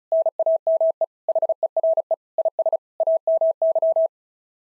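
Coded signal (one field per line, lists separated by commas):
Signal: Morse code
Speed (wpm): 33 wpm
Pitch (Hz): 650 Hz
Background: none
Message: NAME HERE IS AMY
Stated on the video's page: SOTA summit-activation QSO copying drill at 35 wpm, each exchange sent twice with spoken version between.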